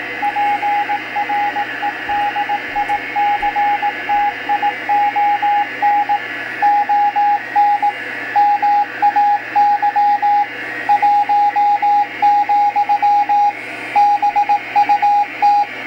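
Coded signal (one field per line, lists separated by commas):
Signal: Morse code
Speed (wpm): 18 wpm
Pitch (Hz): 820 Hz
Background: radio noise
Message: PREDICTION ON MAY 1, BUT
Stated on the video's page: Morse from the Cutler Navy VLF transmitter, received on a battery-powered Rycom 6040 selective level meter.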